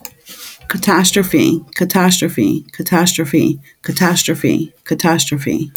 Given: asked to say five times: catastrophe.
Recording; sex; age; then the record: repeated word; female; 30 to 39 years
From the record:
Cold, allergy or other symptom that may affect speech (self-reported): no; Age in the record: 35 years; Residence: New Jersey, United States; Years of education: 13